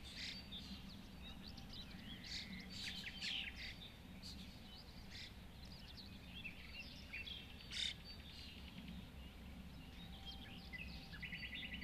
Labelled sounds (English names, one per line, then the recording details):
Common Pheasant
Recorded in the wild
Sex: male
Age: adult
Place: Hobrechtsfelder Rieselfelder, Naturpark Barnim, Brandenburg, DE
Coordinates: 52.6676, 13.4888
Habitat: meadow
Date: 2014-05-17 05:58
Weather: cloudy, 10°C, weak winds
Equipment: Sound Devices 702, Sennheiser MKH 70, Rycote Windschutz
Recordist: Frommolt, Karl-Heinz